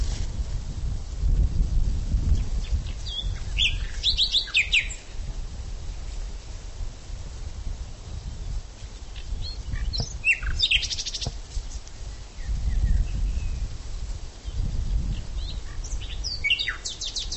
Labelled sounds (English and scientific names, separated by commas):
Common Nightingale (Luscinia megarhynchos) song